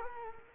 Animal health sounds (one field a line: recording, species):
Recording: mosquito wingbeat signal from an infrared sensor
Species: Culex quinquefasciatus